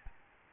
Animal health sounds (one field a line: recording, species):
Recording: mosquito wingbeat signal from an infrared sensor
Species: Aedes albopictus